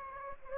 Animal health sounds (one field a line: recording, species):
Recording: mosquito wingbeat signal from an infrared sensor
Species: Anopheles gambiae